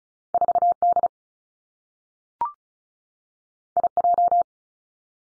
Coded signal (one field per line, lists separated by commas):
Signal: Morse code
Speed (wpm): 36 wpm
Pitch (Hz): 700 Hz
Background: none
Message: 4 D I J